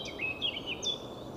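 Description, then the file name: Eurasian blackcap: a brief phrase of clear, sweet warbled notes that sweep up and down, with steady background noise. "Sylvia atricapilla"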